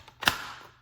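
The plastic adjustable cup platform in a Chefman single-serve coffee maker housing is lifted further, giving a faint tick and then two sharp plastic clicks at 0.2 and 0.3 seconds that fade into a short ring. The platform clicks into its second, highest height setting and is seated.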